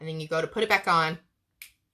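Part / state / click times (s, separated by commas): cap onto an eyeliner marker / seated / 1.6 s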